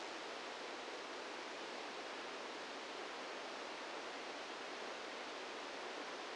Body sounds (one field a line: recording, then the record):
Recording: brain microelectrode recording played as sound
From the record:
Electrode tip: outside the subthalamic nucleus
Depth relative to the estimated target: 3 mm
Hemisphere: right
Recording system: NeuroSet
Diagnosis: Parkinson's disease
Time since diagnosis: 17 years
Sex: male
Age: 64 years